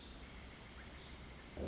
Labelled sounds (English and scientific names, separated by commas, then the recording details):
Pacific Wren (Troglodytes pacificus)
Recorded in Sonoma County, California